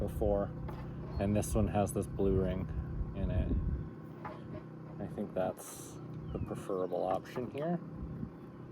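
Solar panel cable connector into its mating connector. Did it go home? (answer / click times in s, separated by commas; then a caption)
no / none. Someone talks while handling a repaired solar panel cable connector, a plastic housing with a blue ring, as it is brought to its mating connector, with a steady low hum underneath. Nothing has seated or clicked yet by the end of the clip.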